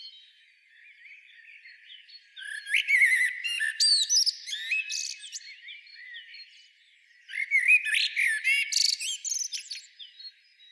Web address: SETE data Turdus merula